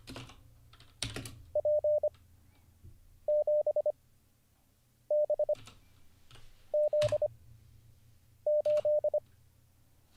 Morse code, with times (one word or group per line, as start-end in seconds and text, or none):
1.6-2.1 P
3.3-3.9 7
5.1-5.5 B
6.7-7.3 Z
8.5-9.2 8